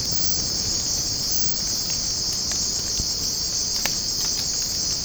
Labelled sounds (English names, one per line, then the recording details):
none
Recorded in secondary vegetation near Puerto Asís, Putumayo, Colombia, on 8 March 2025 at 05:00
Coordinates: 0.481, -76.318
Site G097